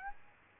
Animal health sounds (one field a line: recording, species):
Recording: mosquito wingbeat signal from an infrared sensor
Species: Aedes aegypti